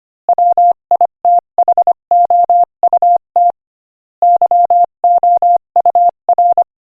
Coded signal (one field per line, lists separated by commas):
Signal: Morse code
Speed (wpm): 25 wpm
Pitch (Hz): 700 Hz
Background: none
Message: WITHOUT YOUR